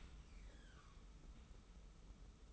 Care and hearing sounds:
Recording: daily activity, microphone in the room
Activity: open dishwasher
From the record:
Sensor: 1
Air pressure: 991.3 hPa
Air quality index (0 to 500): 121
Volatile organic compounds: 218 ppm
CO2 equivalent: 4269 ppm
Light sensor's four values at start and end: 40/125/49/51 and 40/125/49/51

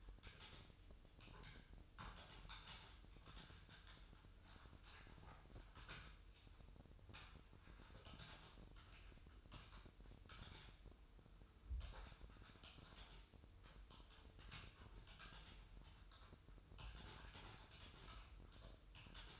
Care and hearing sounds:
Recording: daily activity, microphone in the room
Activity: typing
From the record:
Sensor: 2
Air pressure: 988.6 hPa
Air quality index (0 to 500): 202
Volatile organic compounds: 265 ppm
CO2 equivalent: 4400 ppm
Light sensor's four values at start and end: 21/74/28/28 and 21/74/28/28

